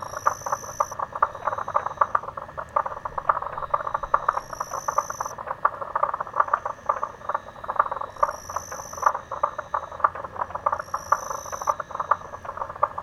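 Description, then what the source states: Frogs calling in a dense chorus of rapid, overlapping pulsed croaks, with high steady insect-like whines starting and stopping every few seconds above them. Recorded with a Zoom recorder.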